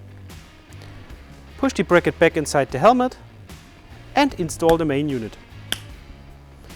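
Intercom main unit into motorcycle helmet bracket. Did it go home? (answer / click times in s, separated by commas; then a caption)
yes / 5.7 s. The main communication unit of a SCHUBERTH SC2 intercom is pushed into its bracket on a motorcycle helmet while someone talks over music. A single sharp, loud click sounds at 5.7 s, and the click means the unit is securely installed.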